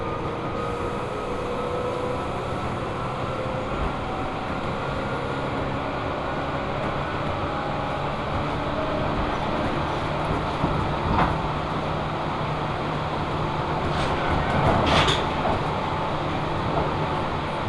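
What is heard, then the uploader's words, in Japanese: A four-car local train runs on the single-track Tobu Tojo Line between Yorii and Ogawamachi, its steady low rumble and running noise filling the whole recording. Brief rattling clanks stand out around eleven seconds and again near fifteen seconds. 秩父鉄道から東武東上線に乗り換えます。東武東上線 寄居→小川町。普通列車の4両編成のみで、単線区間になります。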